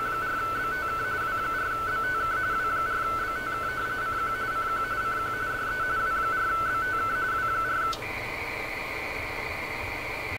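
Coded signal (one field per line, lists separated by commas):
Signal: RTTY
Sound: rapid warbling between two close tones for eight seconds, then a steady higher tone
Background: radio static, low hum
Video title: Test: RTTY-L mode FlDigi + FlRig + Yaesu FT-710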